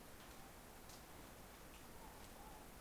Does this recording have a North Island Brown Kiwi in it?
no